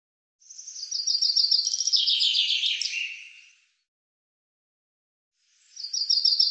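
Common chaffinch singing a full descending trill of rapid notes ending in a flourish, followed after a short silence by the start of another phrase.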